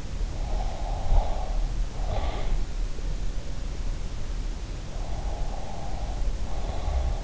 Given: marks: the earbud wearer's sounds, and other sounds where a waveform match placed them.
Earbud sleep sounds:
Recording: sounds in sleep by an in-ear microphone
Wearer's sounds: breath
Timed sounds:
0.34-2.48 s: breath
5.19-7.24 s: breath

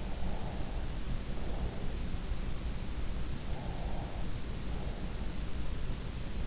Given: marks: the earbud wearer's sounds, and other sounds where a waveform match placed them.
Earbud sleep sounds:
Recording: sounds in sleep by an in-ear microphone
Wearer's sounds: breath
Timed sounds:
0.00-1.85 s: breath
3.31-5.07 s: breath

